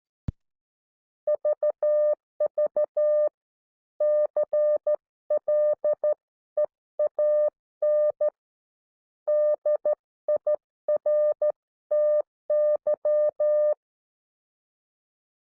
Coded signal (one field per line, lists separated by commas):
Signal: Morse code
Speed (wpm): 13 wpm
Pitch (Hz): 600 Hz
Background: none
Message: VV CLEAN DIRTY